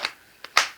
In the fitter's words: fits in there got a good positive click